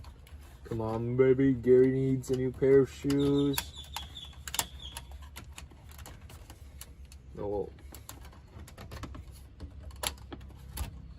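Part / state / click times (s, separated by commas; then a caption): plastic interior trim panel into car body clip mount / seated / 10.1 s. A plastic interior trim panel is pushed into its clip mount on a car body while the car's interior is being reinstalled. Someone talks, followed by scattered light clicks and handling noises. The panel snaps into place with a sharp click at 10.1 s.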